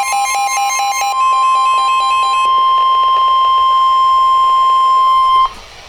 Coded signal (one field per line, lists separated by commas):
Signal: Emergency Alert System (SAME) tones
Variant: 1050 Hz attention tone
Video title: EAS #63 PDS Severe Thunderstorm Warning 5/20/14